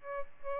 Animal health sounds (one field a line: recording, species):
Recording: mosquito wingbeat signal from an infrared sensor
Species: Aedes albopictus